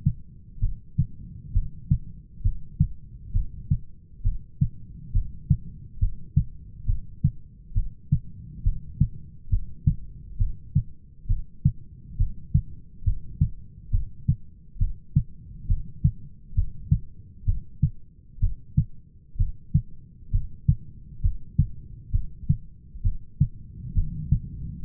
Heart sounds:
heart sounds by stethoscope; 67 bpm
0.62 s: heartbeat
1.55 s: heartbeat
2.44 s: heartbeat
3.34 s: heartbeat
4.25 s: heartbeat
5.14 s: heartbeat
6.01 s: heartbeat
6.88 s: heartbeat
7.76 s: heartbeat
8.65 s: heartbeat
9.51 s: heartbeat
10.39 s: heartbeat
11.29 s: heartbeat
12.19 s: heartbeat
13.06 s: heartbeat
13.92 s: heartbeat
14.80 s: heartbeat
15.69 s: heartbeat
16.56 s: heartbeat
17.47 s: heartbeat
18.42 s: heartbeat
19.39 s: heartbeat
20.33 s: heartbeat
21.23 s: heartbeat
22.13 s: heartbeat
23.04 s: heartbeat
23.96 s: heartbeat
From the record:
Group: heart failure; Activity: rest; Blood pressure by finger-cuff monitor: 134/92 mmHg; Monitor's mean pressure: 108 mmHg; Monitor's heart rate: 67 bpm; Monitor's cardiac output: 6.2 L/min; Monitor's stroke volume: 94 mL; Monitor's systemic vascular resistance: 1290 dyn s/cm5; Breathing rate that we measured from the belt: 17 breaths a minute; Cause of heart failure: idiopathic cardiomyopathy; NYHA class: 1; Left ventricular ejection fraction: 50%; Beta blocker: bisoprolol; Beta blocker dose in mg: 5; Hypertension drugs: candesartan, spironolactone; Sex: male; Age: 54 years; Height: 180 cm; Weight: 94.6 kg

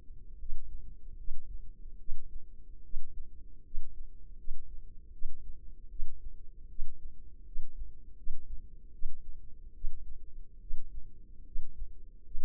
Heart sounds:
heart sounds by microphone in the left ear; 76 bpm
0.36 s: heartbeat
1.15 s: heartbeat
1.97 s: heartbeat
2.81 s: heartbeat
3.62 s: heartbeat
4.35 s: heartbeat
5.10 s: heartbeat
5.87 s: heartbeat
6.67 s: heartbeat
7.43 s: heartbeat
8.14 s: heartbeat
8.90 s: heartbeat
9.72 s: heartbeat
10.58 s: heartbeat
11.43 s: heartbeat
12.22 s: heartbeat
From the record:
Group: healthy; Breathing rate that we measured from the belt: 16 breaths a minute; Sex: female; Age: 24 years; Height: 163 cm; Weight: 55.7 kg

